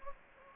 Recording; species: mosquito wingbeat signal from an infrared sensor; Anopheles gambiae